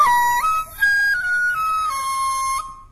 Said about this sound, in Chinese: 笛子